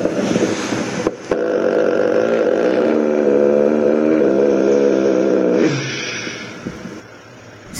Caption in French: La catatrénie.